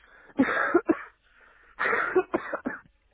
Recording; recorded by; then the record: voluntary cough; telephone call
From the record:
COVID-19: positive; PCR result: checked with the laboratory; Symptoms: yes